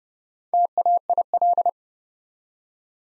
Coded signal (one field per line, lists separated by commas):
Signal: Morse code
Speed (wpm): 32 wpm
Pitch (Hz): 700 Hz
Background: none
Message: TAIL